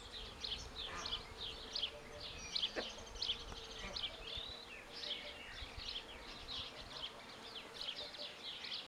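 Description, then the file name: House sparrows keeping up a steady chatter of quick, high chirps that overlap continuously, with a faint hum underneath. "Passer domesticus"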